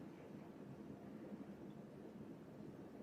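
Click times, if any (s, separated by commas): none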